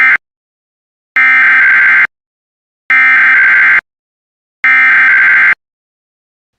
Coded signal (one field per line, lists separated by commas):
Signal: Emergency Alert System (SAME) tones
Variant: header bursts